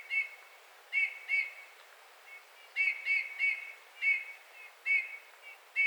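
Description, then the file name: Eurasian bullfinch uttering soft, mellow piping whistles, often in pairs, repeated throughout over faint background hiss. "Pyrrhula pyrrhula"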